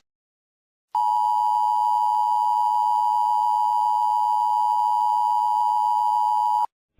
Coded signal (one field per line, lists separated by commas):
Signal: Emergency Alert System (SAME) tones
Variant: 853 and 960 Hz attention tone